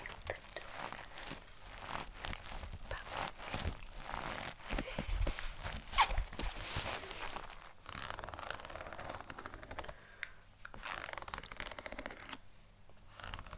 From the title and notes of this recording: ASMR ~SUPER TINGLY~ Haul Triggers.